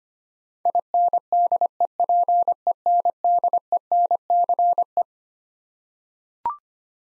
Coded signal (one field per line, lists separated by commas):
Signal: Morse code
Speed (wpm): 25 wpm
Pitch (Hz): 700 Hz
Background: none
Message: INDEPENDENCE